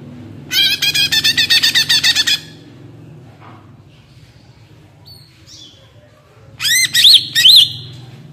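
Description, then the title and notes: Greater green leafbird song: a quick run of repeated chattering notes, a quiet gap with soft whistles, then two loud looping whistled phrases; low hum underneath. Singing used as a master recording for training kept birds; described as gacor (singing constantly) and ngentrok, with raised crest (jambul nembak), tuneful. "Cucak Ijo Gacor Ngentrok Jambul Nembak. suara burung cucak ijo gacor, merdu cocok buat masteran burung cucak ijo"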